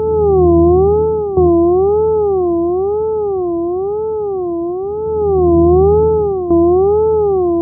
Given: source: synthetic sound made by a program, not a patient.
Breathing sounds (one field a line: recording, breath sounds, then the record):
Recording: synthetic breath sounds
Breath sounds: polyphonic wheeze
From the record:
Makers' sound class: wheeze